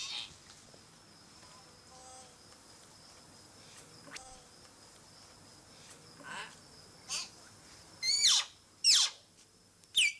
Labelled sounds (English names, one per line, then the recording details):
Common Hill Myna call
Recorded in captivity
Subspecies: intermedia
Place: Zoo Halle, Sachsen-Anhalt, DE
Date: 2003-10-19 16:41
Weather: fair, 5 - 6°C
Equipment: Fair Mate ST-1328 (Asahi Electronics, Japan), Sennheiser ME 80, Kopie Uher 4000 Report Monitor
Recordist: Tembrock, Günter
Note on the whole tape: Mittlerer Beo (G.r.intermedia): diverse Lautformen (Entfernung ca. 1 m)